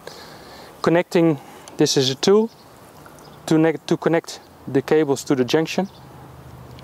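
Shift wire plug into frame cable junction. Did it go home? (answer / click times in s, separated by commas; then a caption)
no / none. A small Shimano Ultegra Di2 electronic shifting cable plug is handled with a plug tool for pushing into the frame cable junction box, where it clicks in and is waterproof once connected. Someone talks over a quiet background with a few faint brief ticks. Nothing has seated or clicked yet by the end of the clip.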